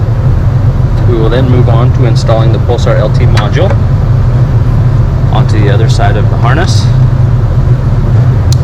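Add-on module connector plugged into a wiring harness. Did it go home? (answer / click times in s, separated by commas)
yes / 8.5 s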